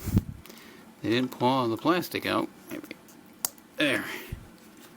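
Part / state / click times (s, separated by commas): action figure foot onto display stand peg / not seated / none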